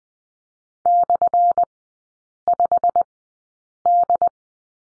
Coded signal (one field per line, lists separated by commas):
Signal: Morse code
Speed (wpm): 20 wpm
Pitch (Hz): 700 Hz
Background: none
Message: /5D